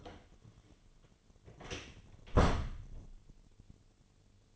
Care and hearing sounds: daily activity, microphone in the room; close door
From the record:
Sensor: 4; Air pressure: 1008.2 hPa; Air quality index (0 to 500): 180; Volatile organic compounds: 5 ppm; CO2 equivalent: 1808 ppm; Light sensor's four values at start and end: 23/73/28/27 and 25/79/30/29

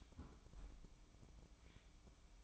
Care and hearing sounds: daily activity, microphone in the room; close fridge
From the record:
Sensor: 1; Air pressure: 1007.8 hPa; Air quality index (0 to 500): 103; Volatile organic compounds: 1 ppm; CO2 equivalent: 878 ppm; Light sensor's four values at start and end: 12/29/12/13 and 12/29/12/13

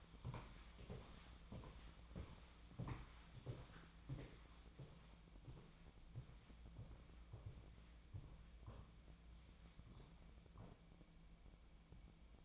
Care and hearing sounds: daily activity, microphone in the room; walk to room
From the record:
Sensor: 1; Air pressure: 1010.2 hPa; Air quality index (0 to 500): 183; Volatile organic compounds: 15 ppm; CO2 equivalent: 2509 ppm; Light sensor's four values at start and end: 38/98/41/50 and 38/98/41/50

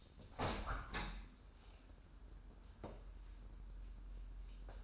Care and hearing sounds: daily activity, microphone in the room; open window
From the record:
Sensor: 2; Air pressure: 994.3 hPa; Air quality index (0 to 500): 209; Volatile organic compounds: 1000 ppm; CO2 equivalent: 6935 ppm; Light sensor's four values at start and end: 66/156/64/63 and 72/165/69/68

